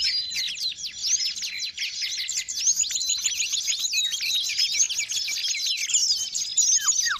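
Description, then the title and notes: Birds chirping hard and fast, sharp sweeping notes overlapping continuously, closing with a couple of lower downslurred calls. Long-duration sound of noisy, chattering birds, used for bird training and as a lure for trapping. "Master Burung Ribut Durasi Panjang. Burung Ribut Pikat"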